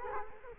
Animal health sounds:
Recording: mosquito wingbeat signal from an infrared sensor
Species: Culex quinquefasciatus

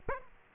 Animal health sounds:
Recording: mosquito wingbeat signal from an infrared sensor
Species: Aedes aegypti

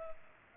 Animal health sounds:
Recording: mosquito wingbeat signal from an infrared sensor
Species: Culex pipiens

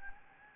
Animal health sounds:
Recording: mosquito wingbeat signal from an infrared sensor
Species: Anopheles gambiae

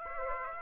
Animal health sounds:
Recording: mosquito wingbeat signal from an infrared sensor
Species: Aedes aegypti

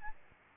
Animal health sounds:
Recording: mosquito wingbeat signal from an infrared sensor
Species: Aedes albopictus

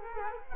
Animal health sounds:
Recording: mosquito wingbeat signal from an infrared sensor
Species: Culex quinquefasciatus

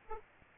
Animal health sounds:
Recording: mosquito wingbeat signal from an infrared sensor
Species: Aedes aegypti

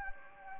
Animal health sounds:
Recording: mosquito wingbeat signal from an infrared sensor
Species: Anopheles gambiae

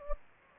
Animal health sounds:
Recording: mosquito wingbeat signal from an infrared sensor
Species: Anopheles gambiae

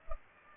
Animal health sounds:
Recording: mosquito wingbeat signal from an infrared sensor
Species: Culex pipiens

